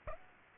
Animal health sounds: mosquito wingbeat signal from an infrared sensor; Aedes aegypti

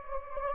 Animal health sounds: mosquito wingbeat signal from an infrared sensor; Anopheles gambiae

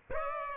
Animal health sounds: mosquito wingbeat signal from an infrared sensor; Aedes aegypti

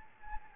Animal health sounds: mosquito wingbeat signal from an infrared sensor; Anopheles gambiae

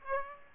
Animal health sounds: mosquito wingbeat signal from an infrared sensor; Aedes aegypti

